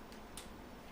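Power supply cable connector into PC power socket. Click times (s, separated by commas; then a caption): 0.4 s. A new power supply cable is gently plugged into its plastic connector socket in a PC power socket. A short, sharp click at 0.4 s shows the connector seating in place.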